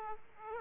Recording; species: mosquito wingbeat signal from an infrared sensor; Aedes aegypti